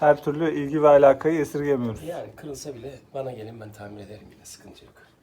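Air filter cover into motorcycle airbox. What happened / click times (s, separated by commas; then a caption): Handled, not yet home: the cover has not seated / none. A plastic air filter cover is being handled at the airbox of a Honda Africa Twin motorcycle during an air filter replacement. Someone talks throughout, with no distinct knocks. The cover has not seated or clicked yet.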